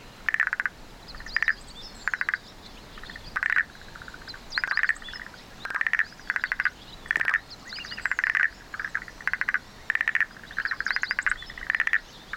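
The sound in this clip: Frog calling in repeated bursts of rapid clicking pulses, each burst under a second.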